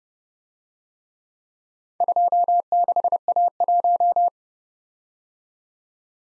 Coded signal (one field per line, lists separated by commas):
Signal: Morse code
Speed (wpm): 29 wpm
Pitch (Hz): 700 Hz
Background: none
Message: 26A1